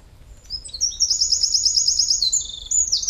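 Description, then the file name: Eurasian wren song: one loud, high, rapid phrase of trilled notes that runs continuously for about two and a half seconds. "Troglodytes troglodytes"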